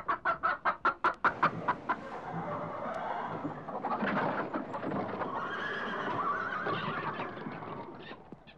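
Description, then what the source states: Chicken giving a rapid run of clucks, followed by a broad, noisy barnyard commotion. In a hen house.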